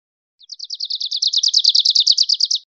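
Grace's warbler singing one high, even trill of many fast repeated notes that swells in loudness.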